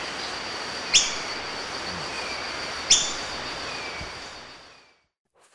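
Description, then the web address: Montane foliage-gleaner giving two sharp, high, clipped notes about two seconds apart over a steady hiss of background noise, which fades to silence near the end. Recorded in Ecuador. "Birds of Ecuador. Montane Foliage-gleaner"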